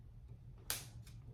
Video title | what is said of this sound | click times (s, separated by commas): Racquet Repair [Part 2 of 3 - Replacing Babolat Grommets] | yep you can hear it clicking so that's good | 0.7 s